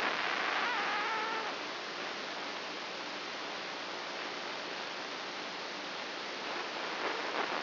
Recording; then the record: brain microelectrode recording played as sound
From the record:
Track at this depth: inside the subthalamic nucleus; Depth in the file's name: 2.005 mm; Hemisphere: right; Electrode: 2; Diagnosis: Parkinson's disease